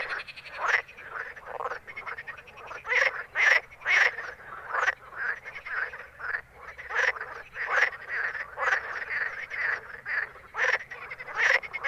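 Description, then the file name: Frogs croaking in a dense chorus, with short harsh rasping calls repeated rapidly and overlapping, about one to two per second. Recorded at night in Ruaudin, 2013. "Grenouilles Ruaudin"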